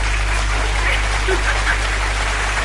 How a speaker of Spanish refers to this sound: Mi niña, aplauso para usted.